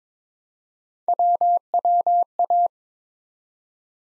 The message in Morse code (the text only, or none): WWA